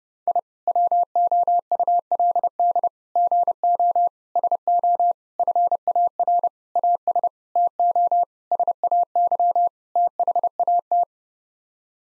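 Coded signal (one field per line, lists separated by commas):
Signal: Morse code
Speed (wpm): 30 wpm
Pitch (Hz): 700 Hz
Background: none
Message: I WOULD GO SO FAR AS TO SAY THAT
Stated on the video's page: Head-copy drill of common nine-word groups at 30 wpm, each set sent in Morse, then spoken, then sent again.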